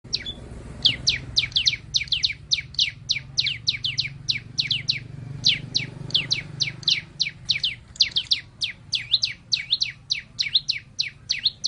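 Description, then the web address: White-eye singing a long, fast, steady run of high, sharp downslurred chirps, roughly three a second, over a faint low rumble. The white-eye's flock-calling song (gọi bầy). "tieng chim sau xanh hot goi bay"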